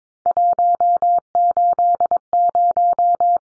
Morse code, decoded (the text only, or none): 180